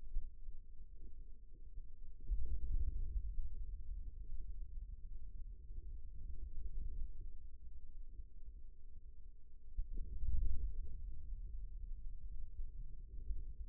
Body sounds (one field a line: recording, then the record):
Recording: forearm muscle sounds (acoustic myography)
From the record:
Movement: radial deviation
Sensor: system 2, bracelet of six BSWA MPA416 microphones around the upper forearm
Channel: 3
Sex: male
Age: 22 years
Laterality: right